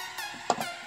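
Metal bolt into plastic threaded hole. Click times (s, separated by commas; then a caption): 0.5 s. On a 2014 Jeep Cherokee during a spark plug change, a metal bolt is turned backwards in a plastic threaded hole over a steady faint buzz. At 0.5 s its thread drops into the existing thread with a short, sharp pop, and the bolt is seated.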